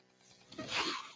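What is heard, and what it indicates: A brief airy whoosh builds and fades over about a second: the breath cycle of a home mechanical ventilator.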